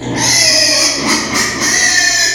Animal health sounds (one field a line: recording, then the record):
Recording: squeal of a Yucatan mini pig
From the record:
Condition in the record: before surgery on the right vocal fold (resection and tissue-engineered implant)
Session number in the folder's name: 2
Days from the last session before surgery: 0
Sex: male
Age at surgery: 12 weeks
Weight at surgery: 13 kg